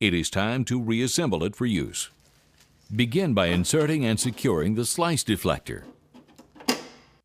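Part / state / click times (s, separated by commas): slice deflector onto the ring guard of a food slicer / seated / 6.7 s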